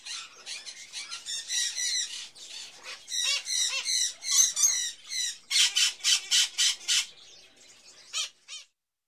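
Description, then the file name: Many small birds chattering together, dense high chirps and squeaky twitters in bursts, with overlapping calls filling the background. Various birds in a pet shop, ambience. "Sound Ideas 2000 Series. Birds, Various Birds In A Pet Shop"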